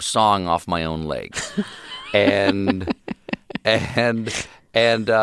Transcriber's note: laughter